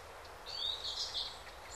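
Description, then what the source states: Bird song: a bright, fluttering high warble lasting under a second, over a soft steady hiss. Birds singing in a calm forest by day.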